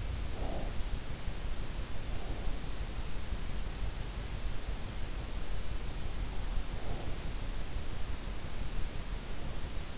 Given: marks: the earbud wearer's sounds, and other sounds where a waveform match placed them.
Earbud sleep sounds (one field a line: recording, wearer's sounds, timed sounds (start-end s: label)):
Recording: sounds in sleep by an in-ear microphone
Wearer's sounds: breath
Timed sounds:
0.00-1.10 s: breath
6.42-7.39 s: breath